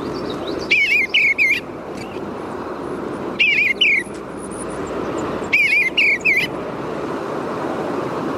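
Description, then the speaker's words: Eastern bluebird singing chortling warbles, three brief wavering phrases a few seconds apart. Sweet chortling song of the male, sung to his mate from a perch near the nest. "One of the most beautiful songs in the bird world is the sweet chortling song of the male eastern bluebird."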